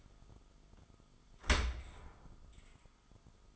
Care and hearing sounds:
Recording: daily activity, microphone in the room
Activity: open dishwasher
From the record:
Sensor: 5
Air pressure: 1004.7 hPa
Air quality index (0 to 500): 93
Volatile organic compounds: 2 ppm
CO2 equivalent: 1121 ppm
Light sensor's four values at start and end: 32/75/30/30 and 33/75/30/30

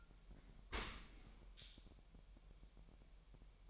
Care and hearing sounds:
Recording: daily activity, microphone in the room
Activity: open dishwasher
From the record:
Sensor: 1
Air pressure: 1000.6 hPa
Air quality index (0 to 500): 247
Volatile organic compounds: 143 ppm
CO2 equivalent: 3990 ppm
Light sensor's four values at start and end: 11/27/11/12 and 11/27/11/12

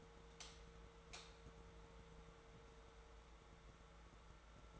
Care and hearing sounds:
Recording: daily activity, microphone in the room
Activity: light on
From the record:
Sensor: 3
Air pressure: 1014.6 hPa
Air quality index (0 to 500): 182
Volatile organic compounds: 19 ppm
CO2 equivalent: 2652 ppm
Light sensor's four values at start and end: 21/53/22/23 and 21/54/22/23

